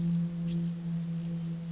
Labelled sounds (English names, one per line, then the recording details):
Bewick's Wren
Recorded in Sonoma County, California